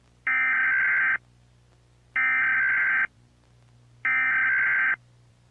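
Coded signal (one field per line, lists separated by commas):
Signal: Emergency Alert System (SAME) tones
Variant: header bursts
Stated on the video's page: Simulated, fictional EAS scenario alert.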